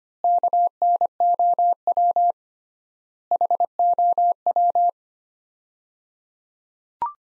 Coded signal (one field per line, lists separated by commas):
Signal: Morse code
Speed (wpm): 25 wpm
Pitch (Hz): 700 Hz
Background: none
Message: KNOW HOW